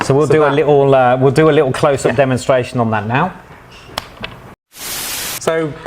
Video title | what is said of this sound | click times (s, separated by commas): AP Workshops - Cable Kits Explained | the new one just gets pushed back in you can hear it click and that's locked in then | 4.0 s